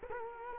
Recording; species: mosquito wingbeat signal from an infrared sensor; Culex quinquefasciatus